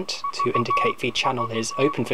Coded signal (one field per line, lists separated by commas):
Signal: Morse code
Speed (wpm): 16 wpm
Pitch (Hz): 1130 Hz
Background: speech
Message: VIT